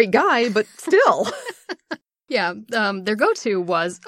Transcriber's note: laughs